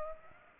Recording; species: mosquito wingbeat signal from an infrared sensor; Culex pipiens